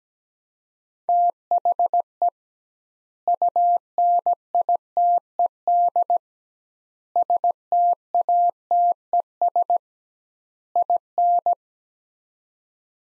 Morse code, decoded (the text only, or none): THE UNITED STATES IN